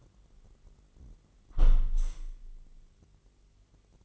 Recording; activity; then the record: daily activity, microphone in the room; close window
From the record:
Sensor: 4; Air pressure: 999.3 hPa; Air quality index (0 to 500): 117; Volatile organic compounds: 2 ppm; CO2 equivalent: 1154 ppm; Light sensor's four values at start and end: 15/37/15/17 and 15/37/15/17